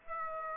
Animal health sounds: mosquito wingbeat signal from an infrared sensor; Aedes aegypti

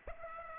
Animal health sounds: mosquito wingbeat signal from an infrared sensor; Aedes aegypti

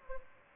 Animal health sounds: mosquito wingbeat signal from an infrared sensor; Aedes aegypti

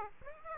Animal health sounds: mosquito wingbeat signal from an infrared sensor; Aedes aegypti

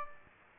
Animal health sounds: mosquito wingbeat signal from an infrared sensor; Aedes aegypti

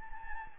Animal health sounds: mosquito wingbeat signal from an infrared sensor; Anopheles gambiae

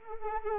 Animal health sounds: mosquito wingbeat signal from an infrared sensor; Anopheles arabiensis

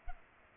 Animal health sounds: mosquito wingbeat signal from an infrared sensor; Culex pipiens

